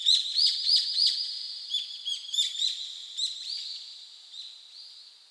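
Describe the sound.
Birdsong with quick bright chirps and sharp rising notes over a steady high chattering background, the calls coming in rapid bursts and fading toward the end.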